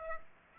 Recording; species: mosquito wingbeat signal from an infrared sensor; Aedes aegypti